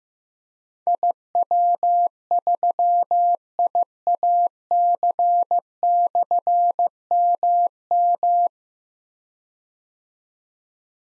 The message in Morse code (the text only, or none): IW3IAC/MM